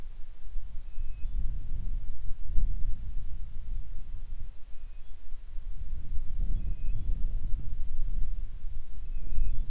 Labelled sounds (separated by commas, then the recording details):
bird, wind
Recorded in the Prudhoe Bay oil fields, Alaska, on 25 July 2019 at 01:58
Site 11